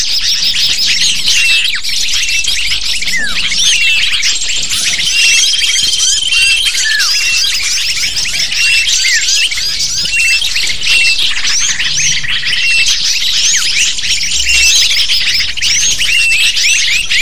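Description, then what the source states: Lovebird flock calling, a continuous wall of high, sharp chirps and squawks layered over each other for the whole stretch, with no pauses. Lure call to attract lovebirds.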